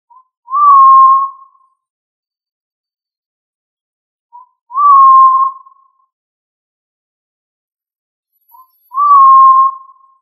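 Pigeon giving a soft whistled note, each preceded by a tiny short note, repeated three times about every four seconds with silence between.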